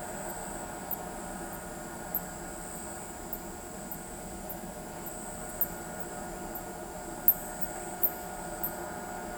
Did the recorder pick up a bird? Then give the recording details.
no. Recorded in pastures near Pivijay, Magdalena, Colombia, on 15 April 2023 at 19:00. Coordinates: 10.456, -74.369. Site P6-G026